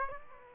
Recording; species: mosquito wingbeat signal from an infrared sensor; Aedes aegypti